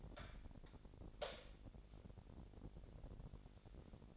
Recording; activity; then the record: daily activity, microphone in the room; light on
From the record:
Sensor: 5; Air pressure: 1012.1 hPa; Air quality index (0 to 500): 246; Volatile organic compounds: 5 ppm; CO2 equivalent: 1705 ppm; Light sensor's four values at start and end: 41/95/40/42 and 42/101/42/44